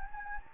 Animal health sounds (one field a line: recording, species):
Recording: mosquito wingbeat signal from an infrared sensor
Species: Anopheles gambiae